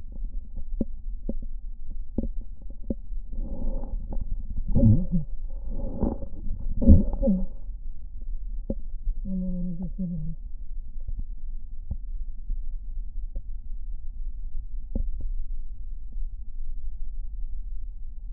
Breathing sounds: lung sounds by stethoscope; right posterior basal chest; quiet breathing, then cough and speech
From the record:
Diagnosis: interstitial lung disease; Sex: female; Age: 65 years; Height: 156 cm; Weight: 66.8 kg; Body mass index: 27.4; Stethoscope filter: diaphragm mode

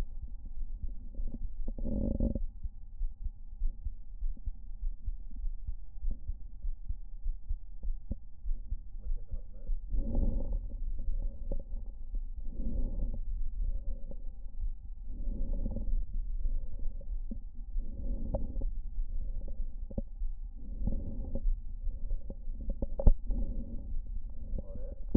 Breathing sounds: lung sounds by stethoscope; right anterior apical chest; quiet breathing, then deep breathing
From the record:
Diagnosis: interstitial lung disease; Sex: female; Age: 70 years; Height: 160 cm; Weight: 93 kg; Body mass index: 36.3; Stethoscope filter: diaphragm mode

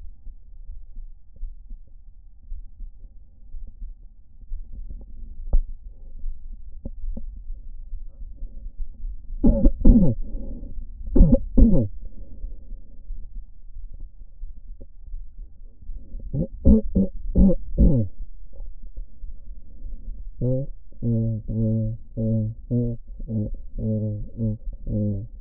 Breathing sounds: lung sounds by stethoscope; right anterior apical chest; quiet breathing, then cough and speech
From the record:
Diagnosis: none (healthy); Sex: male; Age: 30 years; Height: 190 cm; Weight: 88 kg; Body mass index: 24.4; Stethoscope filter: diaphragm mode

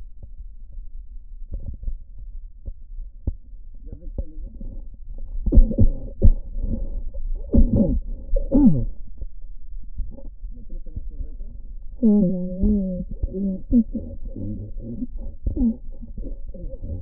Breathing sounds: lung sounds by stethoscope; right posterior apical chest; quiet breathing, then cough and speech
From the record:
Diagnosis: interstitial lung disease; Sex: male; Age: 82 years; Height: 158 cm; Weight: 49 kg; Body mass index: 19.6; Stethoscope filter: diaphragm mode

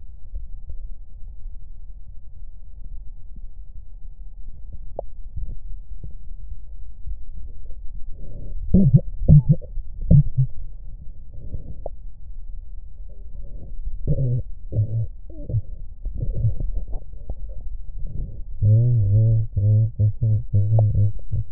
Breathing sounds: lung sounds by stethoscope; left posterior basal chest; quiet breathing, then cough and speech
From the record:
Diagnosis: none (healthy); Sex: male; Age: 35 years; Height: 186 cm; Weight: 108 kg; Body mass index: 31.2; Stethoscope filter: extended mode

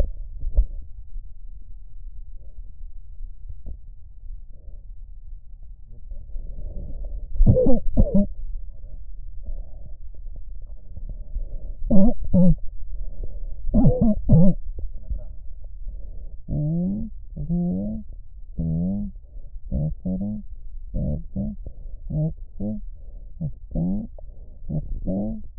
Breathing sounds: lung sounds by stethoscope; right posterior apical chest; quiet breathing, then cough and speech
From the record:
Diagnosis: COPD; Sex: female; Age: 68 years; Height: 150 cm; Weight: 70 kg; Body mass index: 31.1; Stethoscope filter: extended mode

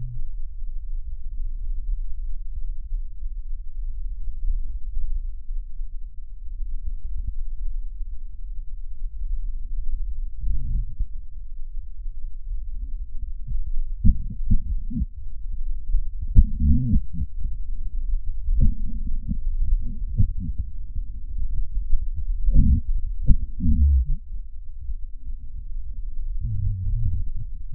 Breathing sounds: lung sounds by stethoscope; right posterior basal chest; quiet breathing, then cough and speech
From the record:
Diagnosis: pulmonary infection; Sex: male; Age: 69 years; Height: 184 cm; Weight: 115 kg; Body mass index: 34.0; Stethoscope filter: bell mode

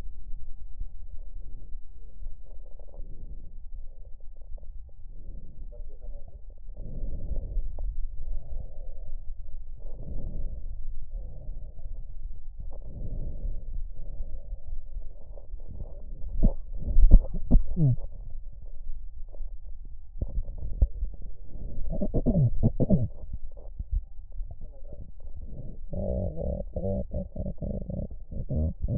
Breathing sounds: lung sounds by stethoscope; left anterior apical chest; quiet breathing, then cough and speech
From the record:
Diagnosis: COPD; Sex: female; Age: 72 years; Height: 156 cm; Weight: 72 kg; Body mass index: 29.6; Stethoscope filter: extended mode

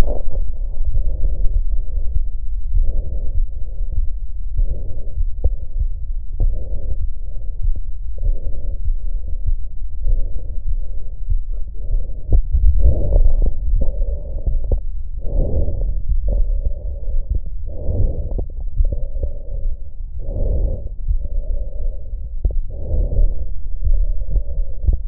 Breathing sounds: lung sounds by stethoscope; left posterior apical chest; quiet breathing, then deep breathing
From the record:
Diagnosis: interstitial lung disease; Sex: female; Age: 68 years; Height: 152 cm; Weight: 76 kg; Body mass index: 32.9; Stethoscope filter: extended mode

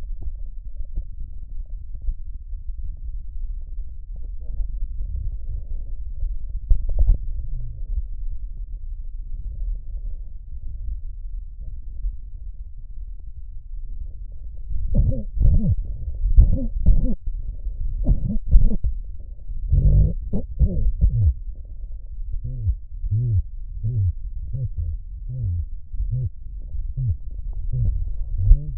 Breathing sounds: lung sounds by stethoscope; right posterior basal chest; quiet breathing, then cough and speech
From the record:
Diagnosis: COPD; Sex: male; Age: 70 years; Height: 170 cm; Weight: 74 kg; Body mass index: 25.6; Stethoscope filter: extended mode

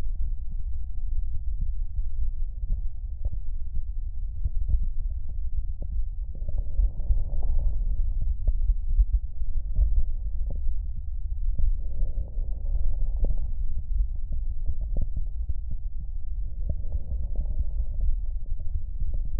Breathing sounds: lung sounds by stethoscope; right anterior apical chest; quiet breathing, then deep breathing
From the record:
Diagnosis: interstitial lung disease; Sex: male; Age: 74 years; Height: 160 cm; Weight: 54 kg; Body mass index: 21.1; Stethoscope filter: extended mode

